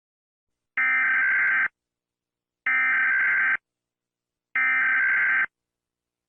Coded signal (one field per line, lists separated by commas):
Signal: Emergency Alert System (SAME) tones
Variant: header bursts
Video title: VOLUME WARNING | rating eas alarms part 1